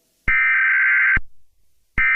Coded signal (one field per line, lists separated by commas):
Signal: Emergency Alert System (SAME) tones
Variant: header bursts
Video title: EAS Scenario #33 Halloween Remaster (18+) CONTAINS JUMPSCARES